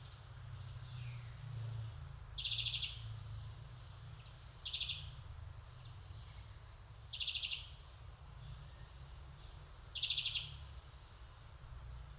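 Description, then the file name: European greenfinch giving buzzy, wheezing calls, four half-second bursts spaced about two to three seconds apart, over a steady low rumble. "Chloris chloris"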